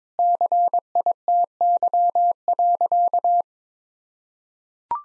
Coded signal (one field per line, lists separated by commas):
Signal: Morse code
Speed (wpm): 22 wpm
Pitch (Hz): 700 Hz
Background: none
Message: CITY.